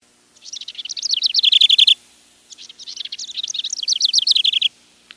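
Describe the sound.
House Wren song: two bubbly, jumbled chattering phrases, each rising in energy and ending in a run of rapid repeated notes, with a short pause between them.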